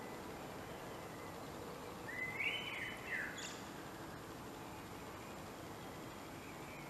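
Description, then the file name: Common blackbird, a brief soft fluty phrase ending in a short high squeak, against a constant hiss. "Turdus merula"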